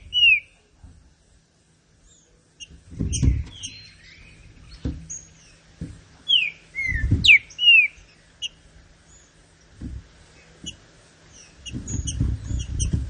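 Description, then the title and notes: Green-winged saltator song: an opening whistle, then a fuller phrase of swooping notes midway. Scattered high chirps and bursts of low thudding follow. Classic song style (canto clássico) of the trinca-ferro, presented as a song for training. "Canto Clássico Trinca Ferro TREINAMENTO. trinca fero"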